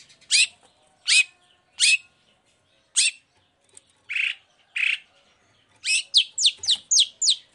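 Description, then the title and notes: Long-tailed shrike song: harsh, buzzy downslurred notes spaced about a second apart, then a quick run of sharp slurred notes at the end. Morning singing with full variation of 'toet toet' notes, used as a lure to provoke other long-tailed shrikes to answer and join in. "Cendet Gacor Dor Di Kala Pagi Toet Toet Variasi Suara. Pancingan Emosi Cendet Gacor Full Variasi Toet Toet Bikin Nyaut Cendet Lain Langsung Ikutan Bunyi. Burung cendet"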